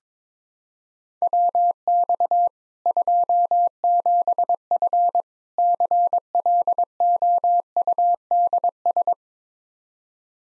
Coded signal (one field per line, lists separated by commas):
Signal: Morse code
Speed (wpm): 22 wpm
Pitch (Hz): 700 Hz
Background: none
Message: WX 27F CLOUDS